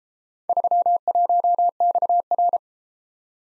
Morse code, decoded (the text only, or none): 31XR